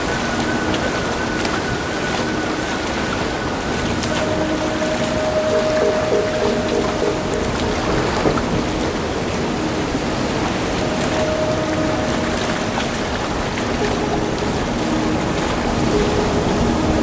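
On a sailboat on a lake, a steady, dense rush of water and rain holds at an even level for the whole stretch. A thin whine runs through the first few seconds, and a clearer whistling tone rises around four to seven seconds and again near eleven.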